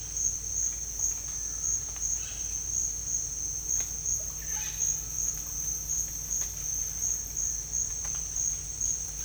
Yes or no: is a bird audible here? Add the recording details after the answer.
yes. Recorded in dense forest near Puerto Asís, Putumayo, Colombia, on 21 December 2024 at 07:00. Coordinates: 0.484, -76.325. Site G056